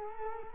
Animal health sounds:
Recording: mosquito wingbeat signal from an infrared sensor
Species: Culex quinquefasciatus

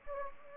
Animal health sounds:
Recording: mosquito wingbeat signal from an infrared sensor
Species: Anopheles gambiae

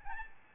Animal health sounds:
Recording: mosquito wingbeat signal from an infrared sensor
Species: Aedes albopictus

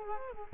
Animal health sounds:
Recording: mosquito wingbeat signal from an infrared sensor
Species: Culex quinquefasciatus

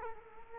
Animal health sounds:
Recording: mosquito wingbeat signal from an infrared sensor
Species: Culex quinquefasciatus

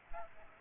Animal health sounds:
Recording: mosquito wingbeat signal from an infrared sensor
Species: Aedes aegypti

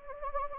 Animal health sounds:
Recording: mosquito wingbeat signal from an infrared sensor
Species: Anopheles gambiae

